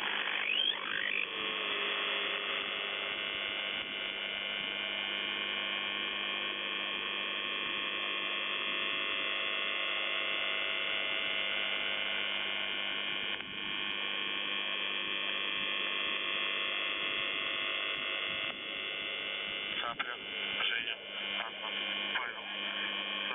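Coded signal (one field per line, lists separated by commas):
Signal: channel marker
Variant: UVB-76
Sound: steady rough electric buzz through radio static, with a brief rising whistle at the start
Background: radio static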